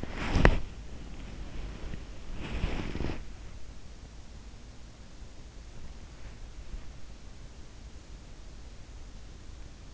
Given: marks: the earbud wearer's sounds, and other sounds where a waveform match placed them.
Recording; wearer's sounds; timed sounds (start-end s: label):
sounds in sleep by an in-ear microphone; body movement
0.00-3.28 s: body movement